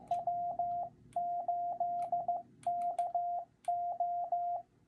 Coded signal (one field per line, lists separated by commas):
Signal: Morse code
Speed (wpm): 15 wpm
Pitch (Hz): 700 Hz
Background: radio noise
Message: W8KO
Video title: Learning CW protocol